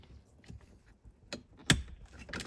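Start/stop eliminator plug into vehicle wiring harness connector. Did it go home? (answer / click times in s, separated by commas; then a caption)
yes / 1.7 s. A start/stop eliminator plug for a 2021–2023 Ford F-150 is pushed down into the matching vehicle wiring harness connector until it latches. A loud, sharp click is heard at 1.7 seconds, with smaller clicks and handling noise around it. The connector is seated and clicked in.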